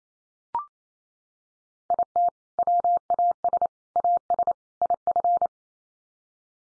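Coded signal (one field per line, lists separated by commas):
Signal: Morse code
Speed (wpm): 28 wpm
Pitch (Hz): 700 Hz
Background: none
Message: IT WAS AS IF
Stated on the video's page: Morse code head-copy practice of common four-word groups at 28 wpm, each set sent in Morse, spoken, then sent again.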